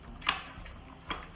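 A plastic feeding tray is being handled on a baby high chair frame, with its release buttons pressed as the tray is pushed back toward position. Sharp plastic clicks and rattles are heard, with the loudest at 0.3 s and others near 1.1 s and 1.4 s. The tray has not locked into place yet.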